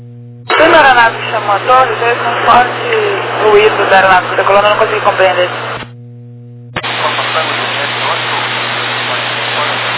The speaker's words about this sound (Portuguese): veio com forte ruído da aeronave, eu não consegui compreender.